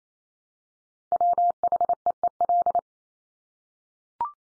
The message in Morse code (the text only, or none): WHEEL